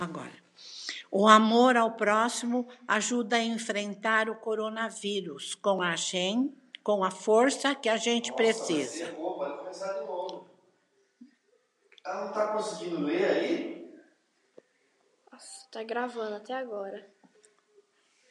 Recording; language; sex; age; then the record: spoken sentence; Brazilian Portuguese; female; 70 to 79 years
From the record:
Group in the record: control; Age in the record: 78 years